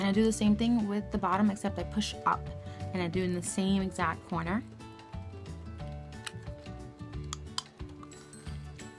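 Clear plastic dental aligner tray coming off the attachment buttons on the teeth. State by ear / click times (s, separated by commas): released / 6.3 s, 7.3 s, 7.6 s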